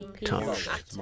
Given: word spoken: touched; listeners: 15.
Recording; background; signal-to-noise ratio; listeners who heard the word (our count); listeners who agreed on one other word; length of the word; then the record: one English word in noise, from a listening test; four-talker babble; -0.1 dB; 2 of 15; 13 of 15; 0.62 s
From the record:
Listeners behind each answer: 13, 2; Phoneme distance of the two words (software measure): 7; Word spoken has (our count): 1 syllable, 4 phonemes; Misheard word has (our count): 1 syllable, 3 phonemes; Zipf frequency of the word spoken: 4.27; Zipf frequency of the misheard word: 5.10